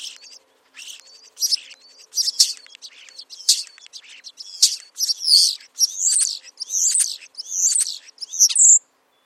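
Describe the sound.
Bird song, a rapid run of high chirps and trills that grows louder and denser toward the end, ending on a sharp whistled note.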